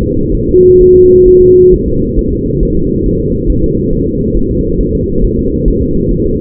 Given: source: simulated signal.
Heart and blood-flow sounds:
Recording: fetal heart sounds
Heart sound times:
0.03 s: S2
0.34 s: S1
0.49 s: S2
0.81 s: S1
0.96 s: S2
1.28 s: S1
1.42 s: S2
1.74 s: S1
1.88 s: S2
2.19 s: S1
2.33 s: S2
2.63 s: S1
2.77 s: S2
3.06 s: S1
3.21 s: S2
3.50 s: S1
3.64 s: S2
3.93 s: S1
4.07 s: S2
4.37 s: S1
4.51 s: S2
4.81 s: S1
4.95 s: S2
5.24 s: S1
5.39 s: S2
5.68 s: S1
5.82 s: S2
6.11 s: S1
6.26 s: S2
From the record:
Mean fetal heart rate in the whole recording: 135 bpm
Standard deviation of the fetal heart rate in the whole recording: 3 bpm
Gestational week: 36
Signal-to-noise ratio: -15.3 dB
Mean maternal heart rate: 72 bpm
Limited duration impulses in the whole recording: present

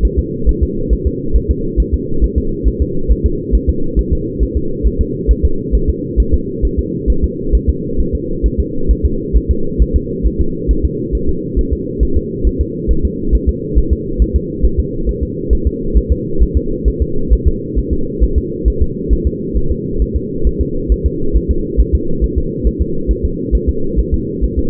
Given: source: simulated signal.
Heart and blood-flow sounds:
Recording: fetal heart sounds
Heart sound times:
0.05 s: S1
0.19 s: S2
0.49 s: S1
0.63 s: S2
0.93 s: S1
1.07 s: S2
1.36 s: S1
1.51 s: S2
1.80 s: S1
1.94 s: S2
2.24 s: S1
2.38 s: S2
2.68 s: S1
2.82 s: S2
3.11 s: S1
3.26 s: S2
3.55 s: S1
3.70 s: S2
3.99 s: S1
4.13 s: S2
4.43 s: S1
4.57 s: S2
4.87 s: S1
5.01 s: S2
5.31 s: S1
5.45 s: S2
5.75 s: S1
5.90 s: S2
6.20 s: S1
6.34 s: S2
6.65 s: S1
6.79 s: S2
7.10 s: S1
7.24 s: S2
7.55 s: S1
7.70 s: S2
8.00 s: S1
8.15 s: S2
8.46 s: S1
8.60 s: S2
8.91 s: S1
9.05 s: S2
9.37 s: S1
9.51 s: S2
9.82 s: S1
9.96 s: S2
10.27 s: S1
10.41 s: S2
10.71 s: S1
10.85 s: S2
11.15 s: S1
11.29 s: S2
11.59 s: S1
11.73 s: S2
12.03 s: S1
12.17 s: S2
12.47 s: S1
12.61 s: S2
12.91 s: S1
13.05 s: S2
13.35 s: S1
13.49 s: S2
13.78 s: S1
13.93 s: S2
14.22 s: S1
14.36 s: S2
14.65 s: S1
14.80 s: S2
15.09 s: S1
15.23 s: S2
15.53 s: S1
15.67 s: S2
15.97 s: S1
16.12 s: S2
16.42 s: S1
16.57 s: S2
16.88 s: S1
17.02 s: S2
17.33 s: S1
17.47 s: S2
17.78 s: S1
17.93 s: S2
18.23 s: S1
18.38 s: S2
18.68 s: S1
18.82 s: S2
19.13 s: S1
19.27 s: S2
19.57 s: S1
19.72 s: S2
20.02 s: S1
20.16 s: S2
20.47 s: S1
20.61 s: S2
20.92 s: S1
21.06 s: S2
21.36 s: S1
21.51 s: S2
21.80 s: S1
21.95 s: S2
22.24 s: S1
22.38 s: S2
22.67 s: S1
22.81 s: S2
23.11 s: S1
23.25 s: S2
23.55 s: S1
23.69 s: S2
23.99 s: S1
24.14 s: S2
24.44 s: S1
24.59 s: S2
From the record:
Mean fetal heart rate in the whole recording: 135 bpm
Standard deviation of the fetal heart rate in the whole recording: 3 bpm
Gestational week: 34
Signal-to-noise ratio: -8.1 dB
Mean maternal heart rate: 72 bpm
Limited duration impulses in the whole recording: absent

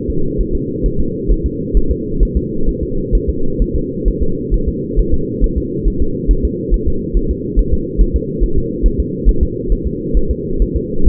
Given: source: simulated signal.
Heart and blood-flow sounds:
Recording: fetal heart sounds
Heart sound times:
0.10 s: S2
0.40 s: S1
0.55 s: S2
0.86 s: S1
1.00 s: S2
1.31 s: S1
1.46 s: S2
1.77 s: S1
1.91 s: S2
2.23 s: S1
2.37 s: S2
2.69 s: S1
2.83 s: S2
3.15 s: S1
3.29 s: S2
3.62 s: S1
3.76 s: S2
4.08 s: S1
4.23 s: S2
4.54 s: S1
4.69 s: S2
4.99 s: S1
5.14 s: S2
5.44 s: S1
5.58 s: S2
5.88 s: S1
6.02 s: S2
6.31 s: S1
6.45 s: S2
6.74 s: S1
6.88 s: S2
7.17 s: S1
7.31 s: S2
7.59 s: S1
7.73 s: S2
8.01 s: S1
8.16 s: S2
8.44 s: S1
8.58 s: S2
8.86 s: S1
9.00 s: S2
9.29 s: S1
9.43 s: S2
9.72 s: S1
9.87 s: S2
10.17 s: S1
10.31 s: S2
10.62 s: S1
10.76 s: S2
11.08 s: S1
From the record:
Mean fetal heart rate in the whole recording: 135 bpm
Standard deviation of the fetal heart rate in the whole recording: 3 bpm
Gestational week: 36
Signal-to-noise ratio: -8.1 dB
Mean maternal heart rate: 72 bpm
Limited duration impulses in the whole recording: absent

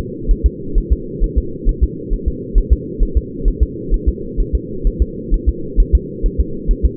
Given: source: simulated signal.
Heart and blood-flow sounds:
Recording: fetal heart sounds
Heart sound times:
0.31 s: S1
0.46 s: S2
0.78 s: S1
0.93 s: S2
1.24 s: S1
1.38 s: S2
1.69 s: S1
1.84 s: S2
2.13 s: S1
2.28 s: S2
2.58 s: S1
2.73 s: S2
3.03 s: S1
3.17 s: S2
3.48 s: S1
3.63 s: S2
3.94 s: S1
4.09 s: S2
4.40 s: S1
4.55 s: S2
4.87 s: S1
5.02 s: S2
5.34 s: S1
5.49 s: S2
5.80 s: S1
5.95 s: S2
6.26 s: S1
6.40 s: S2
6.71 s: S1
6.85 s: S2
From the record:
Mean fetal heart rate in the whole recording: 130 bpm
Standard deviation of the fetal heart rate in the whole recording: 4 bpm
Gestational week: 38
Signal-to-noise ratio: -4.3 dB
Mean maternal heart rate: 72 bpm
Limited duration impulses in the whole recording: absent

